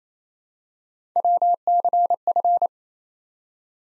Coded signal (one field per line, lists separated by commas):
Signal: Morse code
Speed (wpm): 27 wpm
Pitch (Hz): 700 Hz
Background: none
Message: WCF